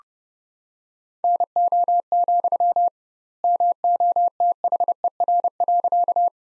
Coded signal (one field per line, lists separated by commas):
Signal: Morse code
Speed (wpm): 30 wpm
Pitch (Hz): 700 Hz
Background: none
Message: NO, MOTHER.